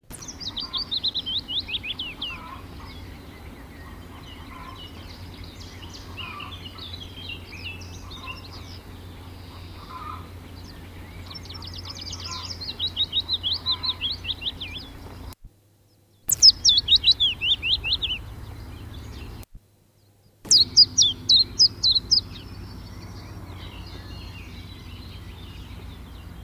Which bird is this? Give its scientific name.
Phylloscopus trochilus